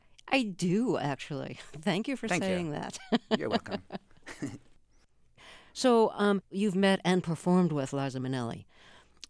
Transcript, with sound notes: I do, actually.
Thank you.
Thank you for saying that. (Laughter).
You're welcome.
So you've met and performed with Liza Minnelli.